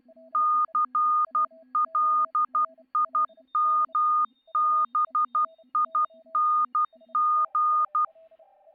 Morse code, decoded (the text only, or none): CLIMBING